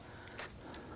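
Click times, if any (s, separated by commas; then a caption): none. A quick-connect line fitting is lined up and handled onto its engine port on a 2013-2019 Ford Police Interceptor Utility 3.7L V6 during a right valve cover replacement. Two brief handling sounds stand out around 0.3 s and 0.4 s over a steady low background. Nothing has seated or clicked yet.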